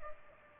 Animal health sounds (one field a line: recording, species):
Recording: mosquito wingbeat signal from an infrared sensor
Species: Culex pipiens